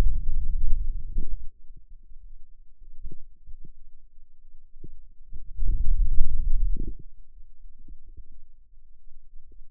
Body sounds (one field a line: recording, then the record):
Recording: forearm muscle sounds (acoustic myography)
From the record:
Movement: hand opening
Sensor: system 2, bracelet of six BSWA MPA416 microphones around the upper forearm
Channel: 2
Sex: male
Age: 22 years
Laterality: right